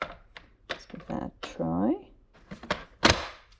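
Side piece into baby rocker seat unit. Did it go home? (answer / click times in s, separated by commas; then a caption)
yes / 2.7 s. A plastic side piece is pushed into the side of a baby rocker napper seat unit while someone talks, with scattered short knocks and handling taps throughout. At 2.7 s its tab pops down with a sharp click, and the side piece is seated in the seat unit.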